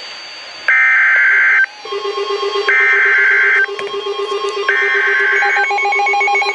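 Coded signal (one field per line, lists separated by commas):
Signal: Emergency Alert System (SAME) tones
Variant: header bursts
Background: speech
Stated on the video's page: Two severe thunderstorm warnings on NOAA Weather Radio.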